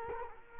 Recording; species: mosquito wingbeat signal from an infrared sensor; Culex quinquefasciatus